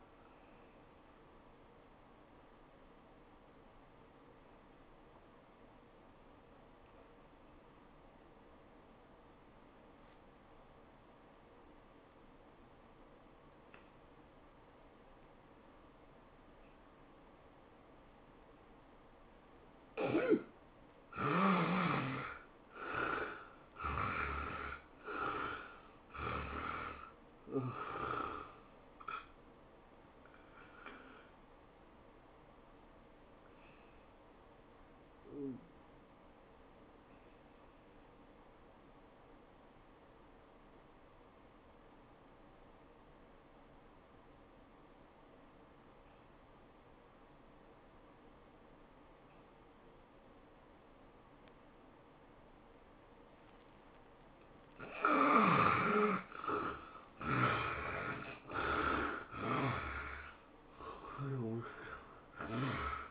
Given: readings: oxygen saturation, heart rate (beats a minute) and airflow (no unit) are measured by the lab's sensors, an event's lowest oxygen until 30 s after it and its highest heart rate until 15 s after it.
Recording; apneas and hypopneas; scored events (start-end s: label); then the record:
breathing in sleep by a voice recorder at the bedside; 2
5.00-18.70 s: obstructive apnea (N1, oxygen 84% highest, then 74% lowest, heart rate 90 at the start, 102 highest)
31.00-58.10 s: hypopnea (N1, oxygen 95% highest, then 73% lowest, heart rate 102 at the start, 102 highest)
From the record:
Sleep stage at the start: N1 (lightest sleep); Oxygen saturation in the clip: 70 to 95%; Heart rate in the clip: 81 to 102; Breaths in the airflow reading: 10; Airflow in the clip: -12.5 to 10.3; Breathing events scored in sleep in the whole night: 403 in 5.5 hours asleep